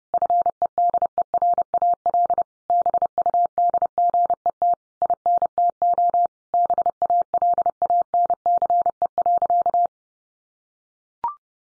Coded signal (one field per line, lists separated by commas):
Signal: Morse code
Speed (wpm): 30 wpm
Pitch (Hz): 700 Hz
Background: none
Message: FEDERAL BUDGET INTO BALANCE.